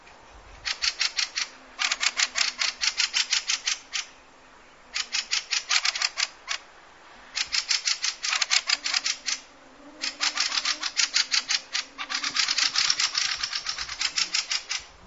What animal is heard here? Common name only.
Fieldfare